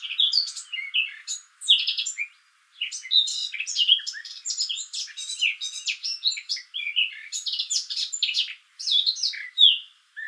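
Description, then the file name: Eurasian blackcap singing a long, rapid, varied warble of scratchy and whistled notes with only brief pauses. "Sylvia atricapilla"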